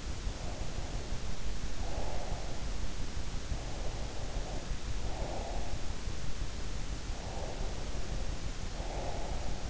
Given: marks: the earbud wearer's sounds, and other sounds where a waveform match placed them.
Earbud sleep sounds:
sounds in sleep by an in-ear microphone; breath
0.35-2.78 s: breath
3.65-5.94 s: breath
7.17-9.69 s: breath

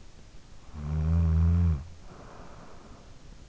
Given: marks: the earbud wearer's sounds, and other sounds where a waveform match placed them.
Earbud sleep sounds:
sounds in sleep by an in-ear microphone; snoring breath
0.26-3.35 s: snoring breath

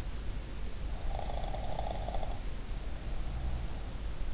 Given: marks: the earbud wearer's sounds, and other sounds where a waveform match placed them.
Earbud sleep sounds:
sounds in sleep by an in-ear microphone; snoring breath
1.21-3.75 s: snoring breath

